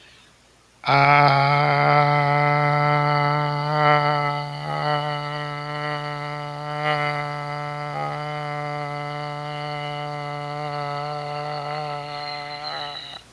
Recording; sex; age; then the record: vowel held as long as possible; male; 40 to 49 years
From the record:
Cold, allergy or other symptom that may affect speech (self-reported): no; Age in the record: 47 years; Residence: Illinois, United States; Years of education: 16